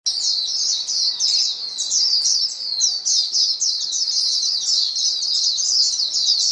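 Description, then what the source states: White-eye chorus, an unbroken wall of high, rapid chirping and trilling from many birds. Chorus of many birds singing together, described as a choir.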